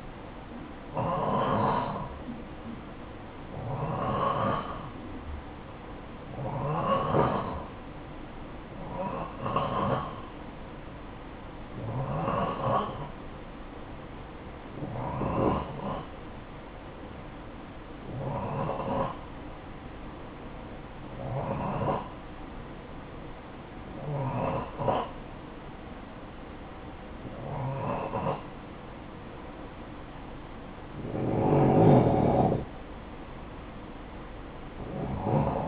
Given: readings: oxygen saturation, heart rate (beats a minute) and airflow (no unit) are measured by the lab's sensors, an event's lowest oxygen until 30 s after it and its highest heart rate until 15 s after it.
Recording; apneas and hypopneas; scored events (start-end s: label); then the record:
breathing in sleep by a voice recorder at the bedside; none
none scored
From the record:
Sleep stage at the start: N2 (light sleep); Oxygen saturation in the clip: 89 to 92%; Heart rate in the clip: 52 to 57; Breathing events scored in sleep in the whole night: 573 in 9.8 hours asleep